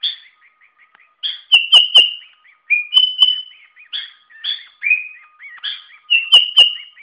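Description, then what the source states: Sooty-headed bulbul singing short warbled and whistled phrases separated by brief gaps, with softer chirps between them. Vigorous, continuous song.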